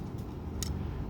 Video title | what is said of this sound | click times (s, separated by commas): format memory tapo c200 | pakai bantuan kuku sampai bunyi klik. Nah, | 0.6 s